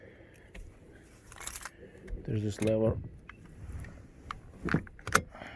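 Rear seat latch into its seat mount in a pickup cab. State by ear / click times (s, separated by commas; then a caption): seated / 5.1 s. In the cab of a 2012 Toyota Tundra double cab V8 4.6 pickup with 225k miles, the lever on the 60/40 rear seat is worked and the seat is moved until its metal latch engages the seat mount, while someone talks. Faint rattles and knocks lead up to the loudest sharp hit at 5.2 s, when the latch locks in place.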